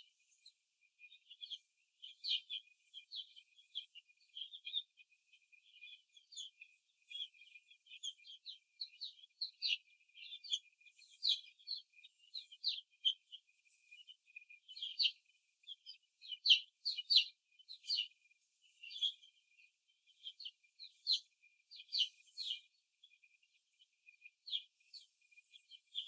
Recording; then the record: young laying hens in a cage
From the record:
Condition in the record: after the stressor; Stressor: simulated dog barking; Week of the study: 2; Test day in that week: 2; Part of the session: 2